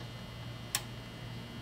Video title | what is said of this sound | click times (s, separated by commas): How To Thread Brother SE400 Sewing Machine Tutorial 4K | that snap now | 0.7 s